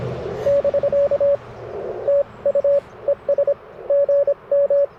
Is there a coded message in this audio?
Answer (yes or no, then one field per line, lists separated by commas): yes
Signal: Morse code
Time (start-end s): 0.5-4.9 s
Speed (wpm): 22 wpm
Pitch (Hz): 590 Hz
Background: radio noise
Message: <BK> TU ES GM